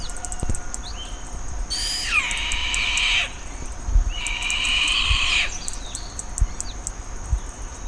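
Bird producing two long, rasping screeches separated by a short pause, with faint ticking and chirps around them.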